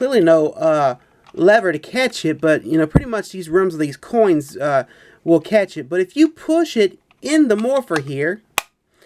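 A metal power coin is pushed into the coin slot of a Mighty Morphin Power Rangers Legacy Power Morpher (2015) toy while someone talks. It seats with one sharp, loud click at 8.6 seconds.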